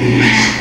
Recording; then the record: squeal of a Yucatan mini pig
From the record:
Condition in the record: after surgery on the right vocal fold (resection and tissue-engineered implant); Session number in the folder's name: 2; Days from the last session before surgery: 13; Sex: male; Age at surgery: 12 weeks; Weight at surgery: 13 kg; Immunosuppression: cyclosporine, prednisolone